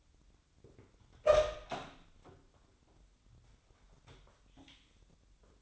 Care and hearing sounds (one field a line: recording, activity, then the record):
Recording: daily activity, microphone in the room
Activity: open door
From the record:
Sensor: 3